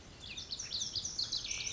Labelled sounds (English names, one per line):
Lazuli Bunting